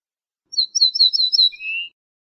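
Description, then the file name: Ortolan bunting singing a quick series of about six descending slurred notes, followed by a longer, lower sustained note at the end. "suara kicauan ortolan"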